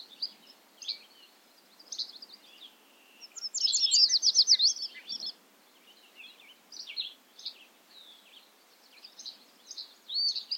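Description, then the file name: Bobolink singing scattered tinkling notes, then a fast rattling, metallic trill-like burst around four seconds, followed by more spaced bubbly phrases. Recorded at Ferme Beauchamp. "A bobolink talks to you from Ferme Beauchamp"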